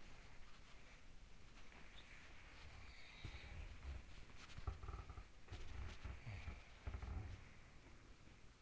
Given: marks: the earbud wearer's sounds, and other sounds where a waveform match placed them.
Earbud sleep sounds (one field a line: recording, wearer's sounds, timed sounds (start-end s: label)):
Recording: sounds in sleep by an in-ear microphone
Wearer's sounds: body movement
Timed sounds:
0.00-8.62 s: body movement
2.04-4.24 s: sound from someone else or the room
5.39-8.32 s: sound from someone else or the room